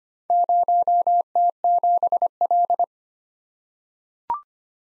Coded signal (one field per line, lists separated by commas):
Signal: Morse code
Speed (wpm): 25 wpm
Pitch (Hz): 700 Hz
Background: none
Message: 0T7L